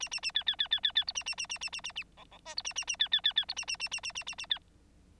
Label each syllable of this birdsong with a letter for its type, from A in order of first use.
A A A B B B B B B C A A A A A A A A D D E C A A A B B B B C A A A A A A A A B